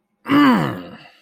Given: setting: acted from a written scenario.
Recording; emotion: vocal sound without words; triumph